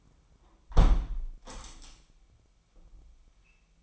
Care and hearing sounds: daily activity, microphone in the room; close window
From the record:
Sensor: 1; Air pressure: 998.0 hPa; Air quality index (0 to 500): 129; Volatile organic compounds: 3 ppm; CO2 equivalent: 1536 ppm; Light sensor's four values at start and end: 17/56/22/23 and 17/56/23/23

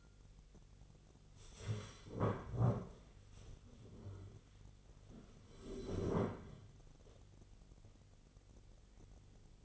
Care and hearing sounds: daily activity, microphone in the room; stand up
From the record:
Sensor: 4

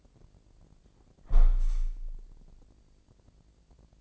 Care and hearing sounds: daily activity, microphone in the room; close window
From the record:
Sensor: 5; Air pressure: 1012.4 hPa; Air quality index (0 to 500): 158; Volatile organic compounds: 2 ppm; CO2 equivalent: 1078 ppm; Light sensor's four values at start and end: 68/164/67/71 and 68/164/67/71

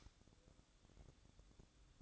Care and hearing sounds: daily activity, microphone in the room; light off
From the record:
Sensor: 3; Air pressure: 1007.9 hPa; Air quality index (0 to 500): 99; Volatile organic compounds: 1 ppm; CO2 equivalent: 830 ppm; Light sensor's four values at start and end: 9/21/8/8 and 9/21/8/8

